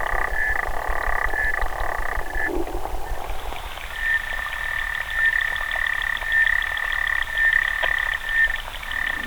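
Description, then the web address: Clawed frog trilling in longer buzzy bursts, then after a short pause switching to a steady, thinner ringing trill with brief accents about once a second. "sounds xenopus"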